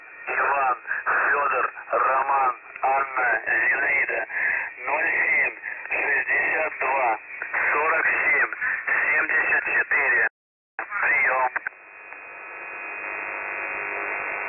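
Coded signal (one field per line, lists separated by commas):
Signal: coded military voice message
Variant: UVB-76, Russian voice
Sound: a man's voice over shortwave reading a short message, then open-carrier hiss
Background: radio static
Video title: The Buzzer/ UVB-76 Voice Message (January 20, 2021, 11:43 UTC)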